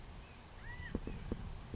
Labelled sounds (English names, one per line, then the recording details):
California Quail
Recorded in Sonoma County, California